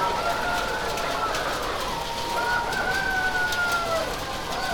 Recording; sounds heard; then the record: poultry house recording; healthy chickens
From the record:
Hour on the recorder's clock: 16